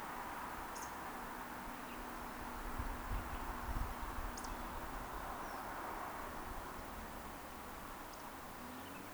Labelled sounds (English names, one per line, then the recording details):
Eurasian Woodcock whistle
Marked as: whistle, whistle, whistle
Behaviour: display flight
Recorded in Baden-Württemberg, Germany, on 30 May 2021 at 19:38 UTC
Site 43323, 910 m above sea level